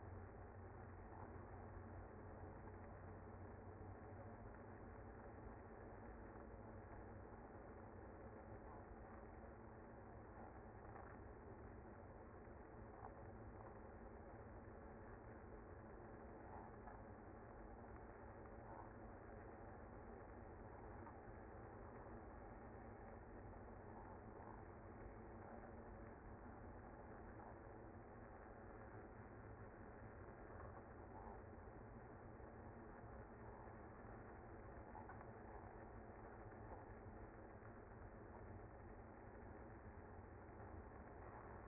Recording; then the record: honeybee colony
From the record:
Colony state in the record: active